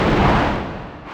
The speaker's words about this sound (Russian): Затряслась земля от грома великого, ударила стрела каменная в пригорок муравчика.